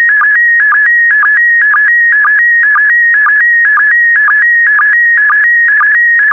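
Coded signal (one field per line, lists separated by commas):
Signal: SSTV (slow-scan television)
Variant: PD120 mode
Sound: steady warbling tone alternating between two pitches, with short low blips twice a second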